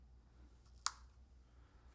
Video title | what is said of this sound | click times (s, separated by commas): Apple Vision Pro - Unboxing, Impressions - Mind Blown | So it kind of just clicks into place, | 0.9 s